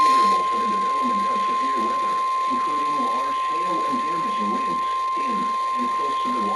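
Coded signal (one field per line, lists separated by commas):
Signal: Emergency Alert System (SAME) tones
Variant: 1050 Hz attention tone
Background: speech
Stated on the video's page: Compilation of real weather EAS alerts received by radio during a storm event.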